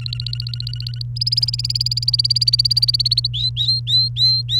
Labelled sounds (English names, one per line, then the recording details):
Domestic Canary song
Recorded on 29 April 2018 at 14:02
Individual llb3